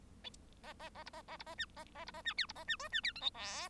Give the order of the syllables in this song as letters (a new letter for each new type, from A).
A A A B A A B A C A A B A C D B A C E C D F G H